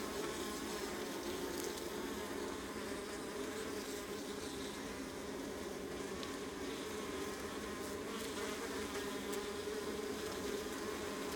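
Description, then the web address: Honey bee colony drone, continuous layered buzzing with brief clicks now and then, otherwise unchanging. Honey bee colony recorded close up on the Adriatic coast, northern Mediterranean. "Ivo Vicic - Northern Mediterranean soundscapes - Adriatic sea. Honey bee colony close"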